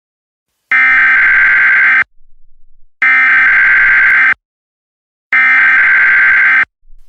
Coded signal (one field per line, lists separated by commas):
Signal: Emergency Alert System (SAME) tones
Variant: header bursts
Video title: EAS Mini: Phoenix In Barbados